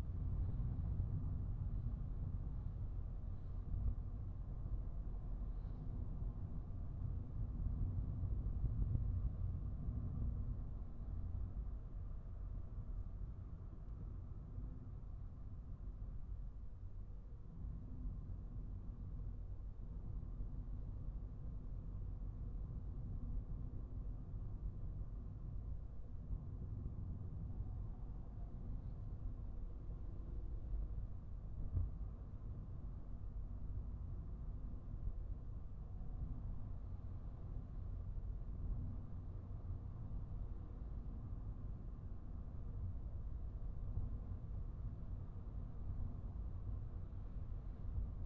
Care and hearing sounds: everyday scene through a hearing-aid microphone; in a vehicle; engine, highway driving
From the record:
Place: Skoda Fabia, gasoline engine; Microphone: behind the ear, right, rear

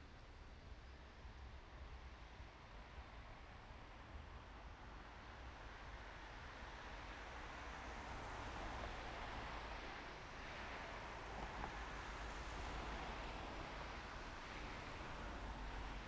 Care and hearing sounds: everyday scene through a hearing-aid microphone; in traffic; traffic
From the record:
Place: main road on the outskirts, rush hour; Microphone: behind the ear, right, rear

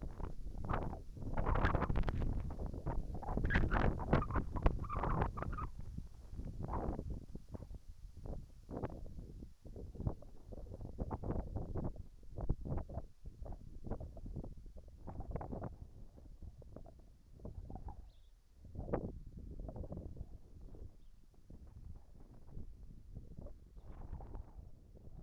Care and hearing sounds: everyday scene through a hearing-aid microphone; wind on the microphone; wind, whistling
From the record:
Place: in front of a rural house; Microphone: behind the ear, right, rear

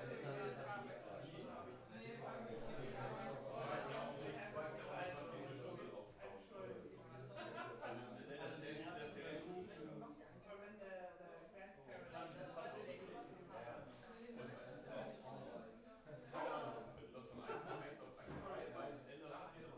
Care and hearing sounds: everyday scene through a hearing-aid microphone; many people talking; many voices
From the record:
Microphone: behind the ear, left, rear

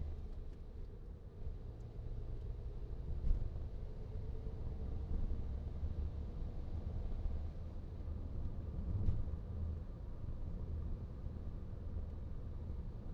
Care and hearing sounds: everyday scene through a hearing-aid microphone; in a vehicle; engine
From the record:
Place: VW T5 Caravelle, diesel engine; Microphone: in the ear canal, right

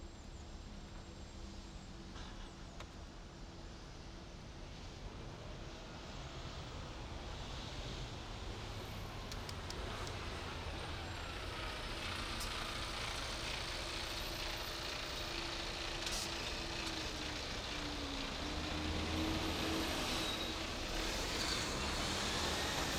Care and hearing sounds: everyday scene through a hearing-aid microphone; in traffic; traffic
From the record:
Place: main city hub, rush hour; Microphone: in the ear canal, right

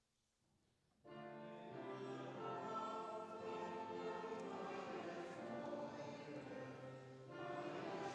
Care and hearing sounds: everyday scene through a hearing-aid microphone; reverberant space; music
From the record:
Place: church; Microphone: in the ear canal, left

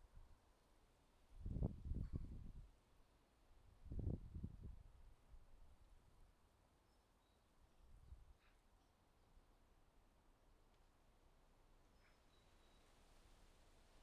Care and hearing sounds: everyday scene through a hearing-aid microphone; wind on the microphone; wind, traffic, birds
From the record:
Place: suburban garden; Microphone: in the ear canal, left

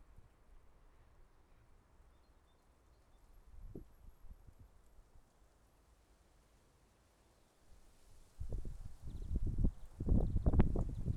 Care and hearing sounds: everyday scene through a hearing-aid microphone; wind on the microphone; wind, traffic, birds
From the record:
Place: suburban garden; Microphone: behind the ear, left, rear

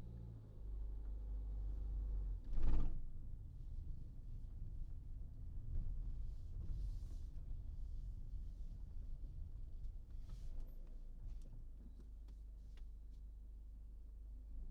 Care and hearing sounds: everyday scene through a hearing-aid microphone; in a vehicle; engine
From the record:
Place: Berlingo II, diesel engine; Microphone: in the ear canal, right

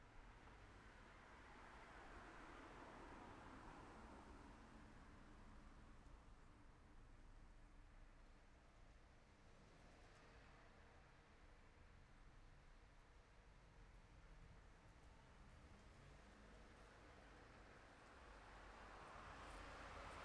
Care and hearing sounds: everyday scene through a hearing-aid microphone; in traffic; traffic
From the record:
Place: city secondary road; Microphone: behind the ear, left, front

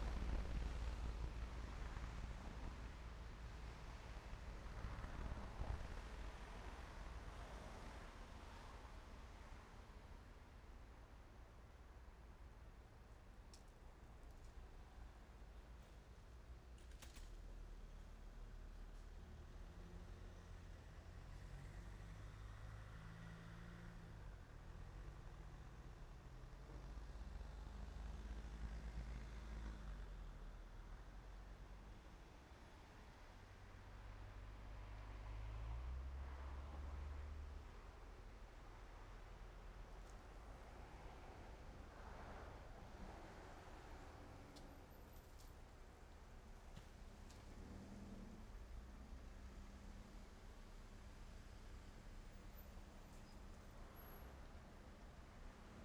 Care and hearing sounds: everyday scene through a hearing-aid microphone; in traffic; traffic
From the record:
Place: main road on the outskirts, rush hour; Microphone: behind the ear, right, front

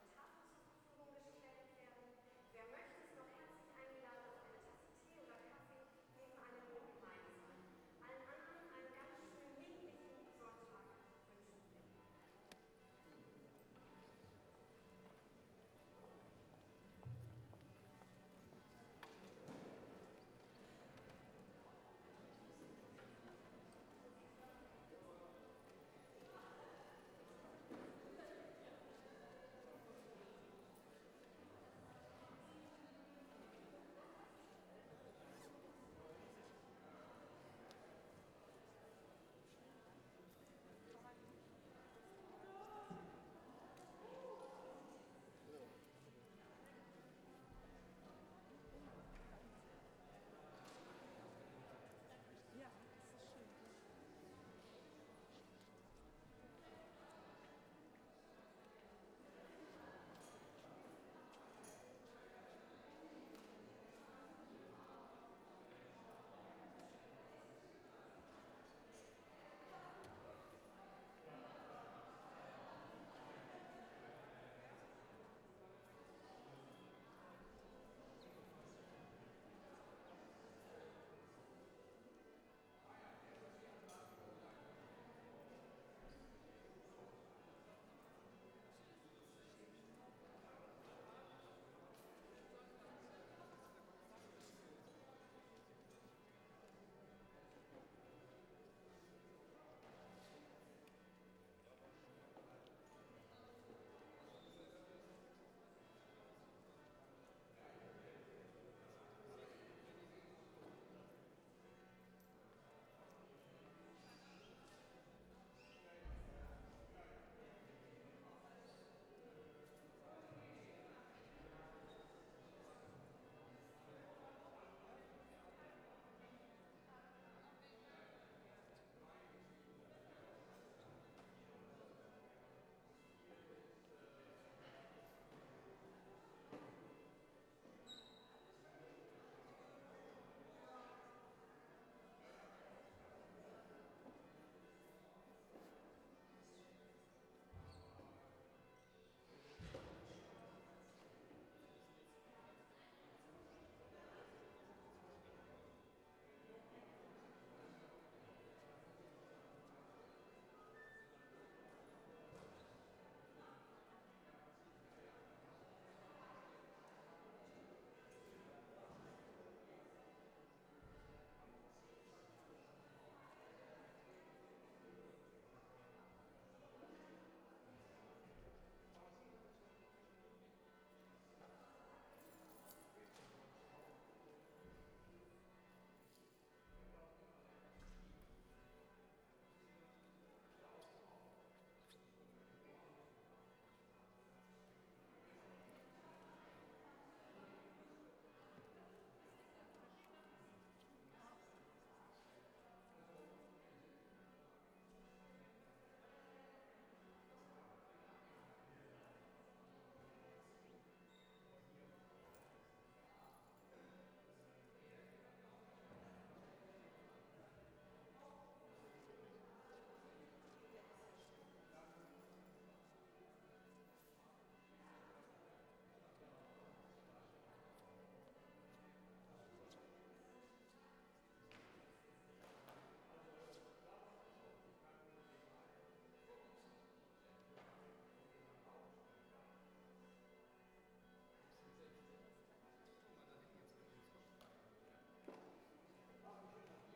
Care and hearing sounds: everyday scene through a hearing-aid microphone; reverberant space; bell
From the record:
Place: church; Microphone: behind the ear, left, rear

